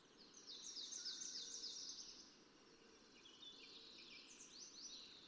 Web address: birdsongforthecurious Fox Sparrow